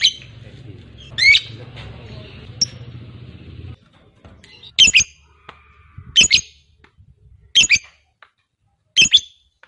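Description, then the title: Lovebird squawks: a few sharp, shrill single calls spaced about a second or more apart, with faint low background noise. Fighter-type lovebird; recording titled as a long ngekek. "Begitu Dengar Suara Lovebird FIGHTER NGEKEK PANJANG"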